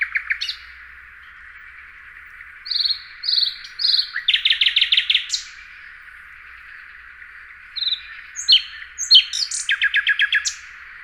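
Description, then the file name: Common nightingale song with clusters of repeated notes, a rapid rattling trill, a pause, then further varied notes and another fast repeated run. "Luscinia megarhynchos"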